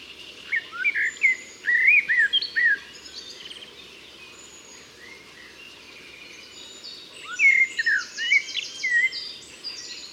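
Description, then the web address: Common blackbird singing mellow warbled phrases that break into high scratchy twittering, two main bursts several seconds apart, over a soft steady background hiss. "SETE data Turdus merula"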